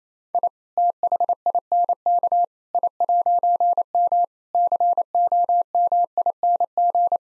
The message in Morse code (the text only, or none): I THINK I'M COMING